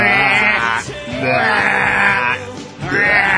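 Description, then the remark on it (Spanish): A voice imitating a car alarm: three loud, sustained, wavering tones that swoop up and down in pitch, each broken by a brief breath-like gap, with no other sounds. “Realmente la alarma, como suena luego de mucho tiempo, empieza...”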